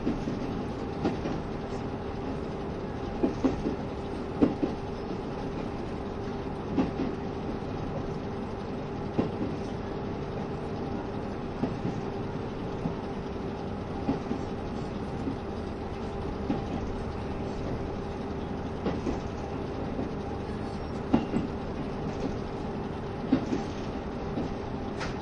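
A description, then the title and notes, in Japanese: A KiHa 72 series train runs steadily, its low engine drone and faint tones under regular rail clicks every second or two. キハ72系 ゆふいんの森06号01 由布院～うきは。走行音。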